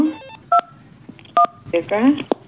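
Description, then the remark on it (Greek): Two short, sharp touch-tone beeps from a phone keypad as a telephone number is dialed, spaced about a second apart, with bursts of people talking around and after them. “Έτσι, καλά το πήρες, βάλ' το και στο αυτή τώρα.”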